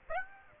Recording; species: mosquito wingbeat signal from an infrared sensor; Aedes aegypti